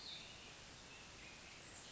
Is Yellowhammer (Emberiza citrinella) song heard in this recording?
no